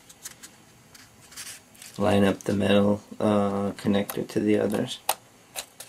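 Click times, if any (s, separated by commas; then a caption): none. A battery pack is handled and lined up at the open battery cavity of a Canon Rebel EOS T3i DSLR, its metal contacts matched to the camera's before insertion. Faint ticks and handling noises come before and after someone talks through the middle of the clip. Nothing has seated or clicked yet.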